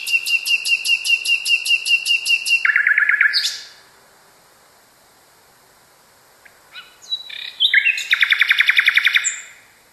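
Nightingale song opening with a long series of rhythmic repeated pulses, a lower rattle and sweeping note, a pause, then scratchy notes and a rapid trill.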